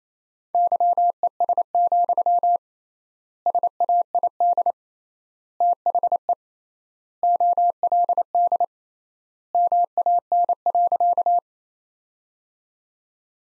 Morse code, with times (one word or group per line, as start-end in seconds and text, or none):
0.5-2.6 YES,
3.5-4.7 SAID
5.6-6.3 THE
7.2-8.6 OLD
9.5-11.4 MAN.